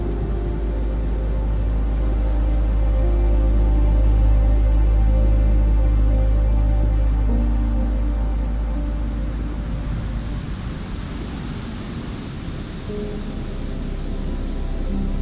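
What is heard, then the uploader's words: Ocean waves roll in a dense, steady wash with a heavy low rumble. The surf swells toward a peak around four seconds and eases off near twelve. Faint held piano notes ring softly beneath the water noise. Calm Music with Gentle Ocean, Sounds, Calm Piano Music, and Ocean Waves.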